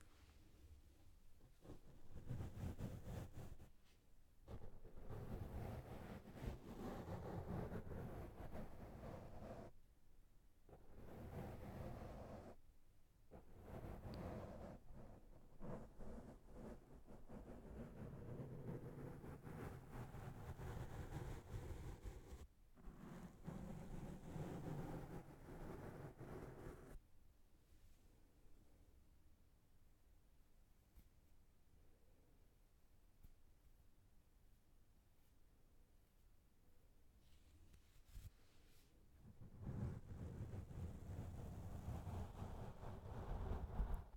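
Brushes rub and sweep across a microphone, making loud, rough rumbling scrapes with a strong low-end thump. The strokes come in bursts separated by brief near-silent gaps around 4, 10, 13 and 22 seconds. A quieter, thinner stretch follows from about 27 to 39 seconds before heavy brushing returns.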